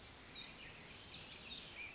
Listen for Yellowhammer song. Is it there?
no